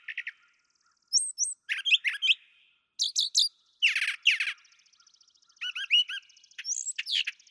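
Brown thrasher song mixing very high thin notes with lower rich phrases, several doubled or tripled, in a lively, varied sequence.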